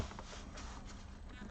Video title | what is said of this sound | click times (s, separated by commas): Démontage Ordinateur portable ACER Aspire ES 17 ES1-731G-P7VX | Bon, et là on est bien. Voilà. Ah, là j'aime entendre le chic. | 0.2 s